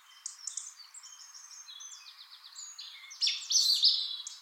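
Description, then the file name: European robin song of fine, high tinkling phrases with quick trills, growing louder and richer near the end. "Erithacus rubecula"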